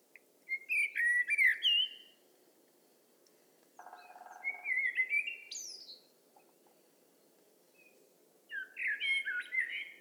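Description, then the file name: Common blackbird singing: a flute-like warble, then a rasping rattle leading into another phrase with a high squeak, and a final whistled phrase after a pause. "Turdus merula"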